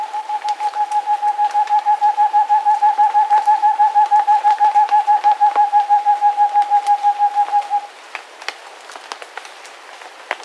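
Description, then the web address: Rufescent screech owl giving a long, even series of low hollow hoots, evenly spaced at a steady rapid pace for about eight seconds, then stopping; faint clicks and ticks follow. Recorded in South America. "Natures Songs S America Rufescent Screech-Owl"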